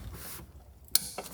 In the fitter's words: until you hear that nice click and we can put this ducting back into its home